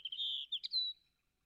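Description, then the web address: European robin giving one thin sustained whistle, briefly broken and then rising slightly at the end, lasting about a second in otherwise quiet surroundings. "Deverinetal 2025"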